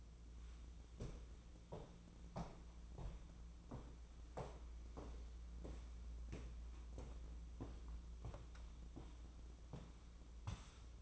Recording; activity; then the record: daily activity, microphone in the room; walk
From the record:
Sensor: 1